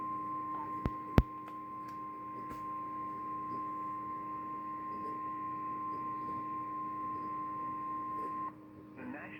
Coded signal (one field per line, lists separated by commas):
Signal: Emergency Alert System (SAME) tones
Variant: 1050 Hz attention tone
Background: speech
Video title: EAS#90 Severe Thunderstorm Warning on WNG536 (07/04/2022).